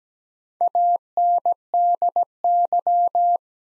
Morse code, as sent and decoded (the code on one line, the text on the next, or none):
.- -. -.. -.--
ANDY